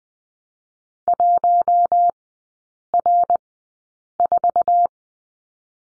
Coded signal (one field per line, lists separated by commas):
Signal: Morse code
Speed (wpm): 21 wpm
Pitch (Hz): 700 Hz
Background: none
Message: 1R4